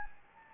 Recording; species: mosquito wingbeat signal from an infrared sensor; Anopheles gambiae